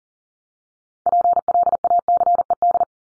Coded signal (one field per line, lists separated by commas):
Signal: Morse code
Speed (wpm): 38 wpm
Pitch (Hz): 700 Hz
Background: none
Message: PLACED